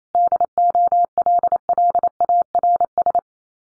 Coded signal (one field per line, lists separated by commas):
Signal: Morse code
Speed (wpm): 28 wpm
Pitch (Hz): 700 Hz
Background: none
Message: DOLLARS